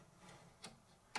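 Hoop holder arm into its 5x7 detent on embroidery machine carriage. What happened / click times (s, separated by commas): The metal arm is still being slid and has not reached its stop / none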